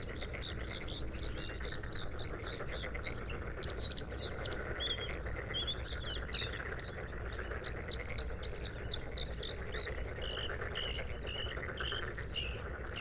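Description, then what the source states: Bluethroat singing a rapid, varied stream of twittering chirps and brief whistles over a low rumble. Recorded 5 May 2025 at 06:10 at Sha Cheng Wetland, Hebei, China; four-minute recording with three bursts of song separated by fades.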